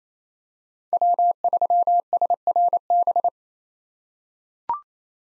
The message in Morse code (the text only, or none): W3SRB